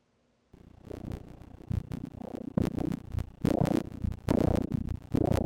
The first trimester of life and the heartbeat of a baby in the womb.